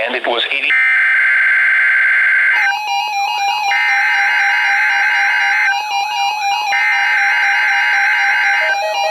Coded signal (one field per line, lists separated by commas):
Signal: Emergency Alert System (SAME) tones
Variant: header bursts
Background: speech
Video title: Required Weekly Test - 06/17/20 (EAS #2,081)